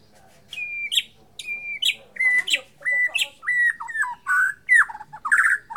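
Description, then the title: White-rumped shama song of flat whistled notes, each followed by a sharp upward flick, repeated roughly every second and growing more varied toward the end. Bornean form of the white-rumped shama. "MURAI BORNEO"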